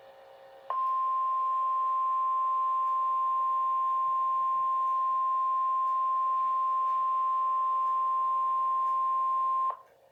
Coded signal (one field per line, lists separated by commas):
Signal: Emergency Alert System (SAME) tones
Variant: 1050 Hz attention tone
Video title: 3/11/26 Severe Thunderstorm Warning for Austin, Harris, and Montgomery Counties (EAS #33)